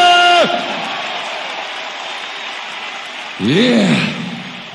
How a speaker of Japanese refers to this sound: 大きな拍手。